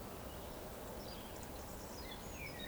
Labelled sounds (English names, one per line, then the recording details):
Eurasian Woodcock whistle
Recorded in Baden-Württemberg, Germany, on 23 June 2020 at 20:08 UTC
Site 14569, 102 m above sea level